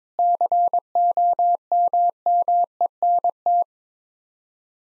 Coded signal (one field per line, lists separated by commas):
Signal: Morse code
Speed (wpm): 22 wpm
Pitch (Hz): 700 Hz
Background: none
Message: COMMENT